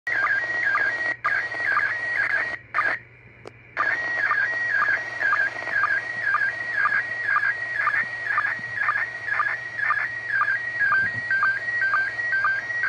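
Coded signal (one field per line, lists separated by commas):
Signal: SSTV (slow-scan television)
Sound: warbling tone shifting between two pitches, with short low chirps repeating several times a second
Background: FM radio hiss, brief dropouts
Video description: This week, the International Space Station is transmitting SSTV (slow-scan TV) signals on 145.800 Mhz FM on the amateur radio 2m band. This morning, I briefly recorded an SSTV transmission from the ISS.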